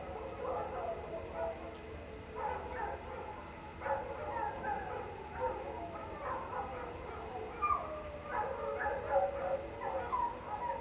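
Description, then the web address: Canines howling as a pack, layered quavering howls mixed with short yips, swelling in bursts, with a constant wash of falling water underneath. Pack howling into the night outdoors, late night, cold winter air, beside a man-made water fountain. "Omar Alvarado - Minimal ambiences ambience outdoors late night, cold winter air, pack of canine howling into the night and man made water fountain"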